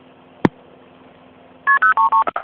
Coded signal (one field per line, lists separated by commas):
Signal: multi-frequency trunk signalling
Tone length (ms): 110 ms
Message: KP033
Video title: 15 Min Vintage Telephony Audio. Raw Progress Tones, Mechanical Relay Clicks & Legacy Carrier Bleed